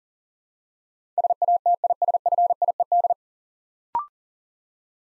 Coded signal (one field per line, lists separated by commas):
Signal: Morse code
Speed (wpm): 43 wpm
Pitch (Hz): 700 Hz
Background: none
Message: SATISFIED